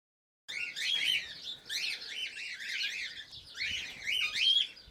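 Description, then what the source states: Cockatiel chatter: dense, overlapping high chirps that start abruptly after a short silence, then continue in steady waves. Pearl colour variety.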